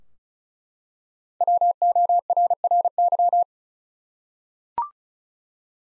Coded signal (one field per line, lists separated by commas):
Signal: Morse code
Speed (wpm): 36 wpm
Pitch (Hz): 700 Hz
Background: none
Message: WORRY